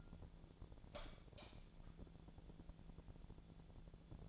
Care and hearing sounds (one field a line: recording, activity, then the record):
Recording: daily activity, microphone in the room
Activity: light on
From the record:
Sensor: 5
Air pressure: 1000.2 hPa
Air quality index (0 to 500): 100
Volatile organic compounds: 1 ppm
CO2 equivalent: 812 ppm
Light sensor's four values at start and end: 258/614/263/293 and 261/622/266/297